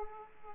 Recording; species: mosquito wingbeat signal from an infrared sensor; Aedes aegypti